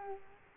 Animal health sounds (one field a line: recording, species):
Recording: mosquito wingbeat signal from an infrared sensor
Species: Culex quinquefasciatus